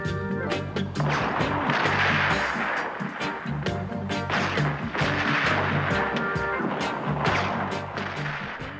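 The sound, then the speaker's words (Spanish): A dense 1978 reggae single about gunfire in the ghetto, with bass and harmonic instruments, punctuated by sharp, explosive bursts resembling gunshots that recur irregularly throughout the loud mix. “De disparos en el gueto,”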